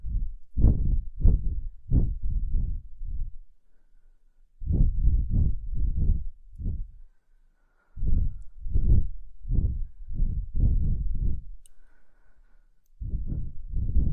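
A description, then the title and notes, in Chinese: Gentle blowing breaths arrive in clusters of five or six short, low puffs, each group lasting two to three seconds. Quiet pauses separate the clusters, which recur steadily, with a faint thin tone briefly in the background. 舒缓吹气，睡眠呼吸。这就是一个再正常不过的呼吸、吹气声。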